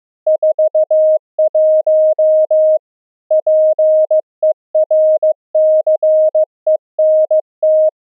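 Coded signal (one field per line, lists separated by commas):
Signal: Morse code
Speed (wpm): 15 wpm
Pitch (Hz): 620 Hz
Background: none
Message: 41 PERCENT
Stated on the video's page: Pulse density modulated CW transmitted and received on LF at 64 kHz with resonant magnetic near-field antennas, an experiment for through-the-earth cave communication.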